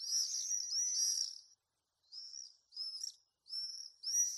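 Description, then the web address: Common swift giving a long shrill buzzy scream, then several shorter screeching bursts after a brief pause. "sound Common-swift. دانلود-صدای-پرنده-بادخورک-معمولی"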